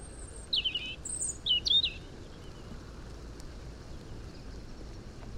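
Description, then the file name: European robin song, two brief high twittering phrases of thin whistles early on, then only steady background noise. "Erithacus rubecula"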